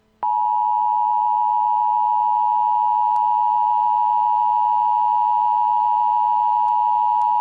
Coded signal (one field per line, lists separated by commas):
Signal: Emergency Alert System (SAME) tones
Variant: 853 and 960 Hz attention tone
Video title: Eas Scenario: IT chapter 2 Rioting (Re uploaded)